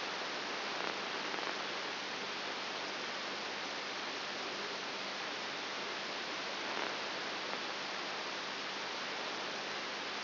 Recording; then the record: brain microelectrode recording played as sound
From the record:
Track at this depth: inside the subthalamic nucleus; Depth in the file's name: 4.501 mm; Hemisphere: right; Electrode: 3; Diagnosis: Parkinson's disease